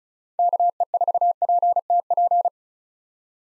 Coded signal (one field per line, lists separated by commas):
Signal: Morse code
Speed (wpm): 36 wpm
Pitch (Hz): 700 Hz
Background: none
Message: KE4PTP